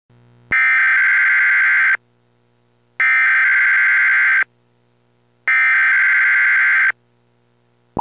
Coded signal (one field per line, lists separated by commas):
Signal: Emergency Alert System (SAME) tones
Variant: header bursts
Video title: EAS severe t,storm warning for johnson county AR.